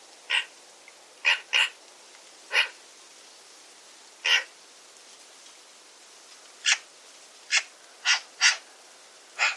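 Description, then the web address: Bird calls, a run of brief sharp pips at uneven intervals, some close together, against quiet hiss. "Bird Only More Classes Pi Pi Pi Pi"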